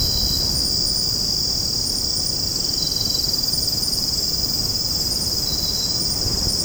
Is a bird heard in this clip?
no